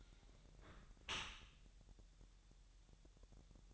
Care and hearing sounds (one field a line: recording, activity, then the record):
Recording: daily activity, microphone in the room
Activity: close dishwasher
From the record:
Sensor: 3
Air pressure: 1000.6 hPa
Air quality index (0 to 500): 248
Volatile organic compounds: 173 ppm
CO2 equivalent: 4117 ppm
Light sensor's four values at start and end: 11/25/10/10 and 11/25/10/10